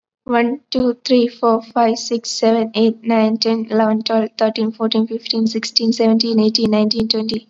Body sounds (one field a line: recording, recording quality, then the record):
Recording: counting at a fast pace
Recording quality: excellent, no background noise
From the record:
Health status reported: COVID-19 positive, mild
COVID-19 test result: positive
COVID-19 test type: RT-PCR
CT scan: not taken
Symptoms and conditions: cough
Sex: female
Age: 19 years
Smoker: no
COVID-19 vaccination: both doses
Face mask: worn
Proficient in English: yes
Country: India